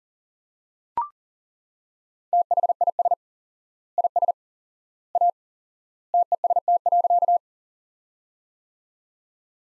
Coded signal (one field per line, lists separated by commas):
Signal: Morse code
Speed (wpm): 40 wpm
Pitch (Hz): 700 Hz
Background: none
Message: THIS IS A TEST.